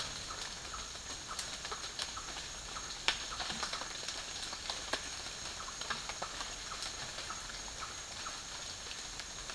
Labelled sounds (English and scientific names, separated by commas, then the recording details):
none
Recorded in dense forest near Puerto Asís, Putumayo, Colombia, on 12 March 2025 at 09:30
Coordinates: 0.484, -76.325
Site G045